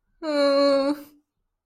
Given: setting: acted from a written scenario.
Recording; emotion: vocal sound without words; fear